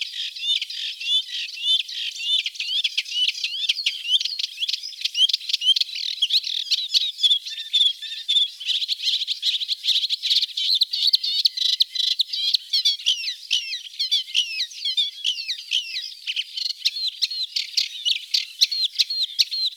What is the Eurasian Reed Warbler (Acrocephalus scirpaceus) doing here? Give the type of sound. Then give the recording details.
song. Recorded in the wild. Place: Flögelner See, Schleswig-Holstein, DE. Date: 1987-05-23. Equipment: Alparon-Reflektor. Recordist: Schwarz, Dieter